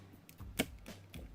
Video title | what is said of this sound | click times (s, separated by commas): Star Wars Episode 6 Return of the Jedi Speeder Bike with Princess Leia POTF | and you line them up and you push until you hear click. | 0.6 s